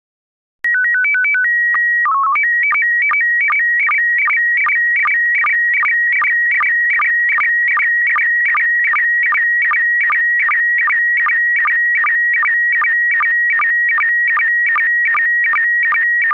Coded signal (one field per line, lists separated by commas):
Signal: SSTV (slow-scan television)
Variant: PD 50